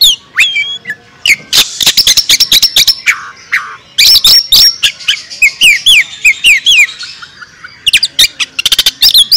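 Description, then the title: Oriental magpie-robin song of quick rising and falling whistles in tight series, punctuated throughout by hard, loud clicks, energetic with brief pauses. National champion contest bird. "Bintang Sektor Kacer"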